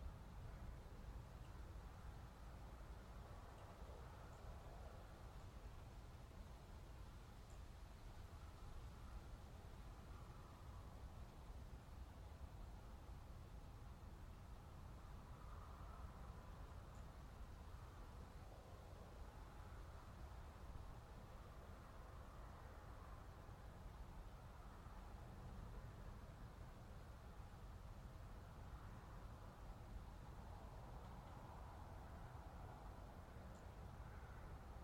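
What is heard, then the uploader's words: Wind sweeps across open ground in a steady, dense roar, heaviest in the low rumble. Softer swells in the midrange rise and fall every few seconds, around 15 and 33 seconds especially, while the overall level stays even throughout. The dynamic and majestic sound of winds as they sweep across open fields, mountains, and forests.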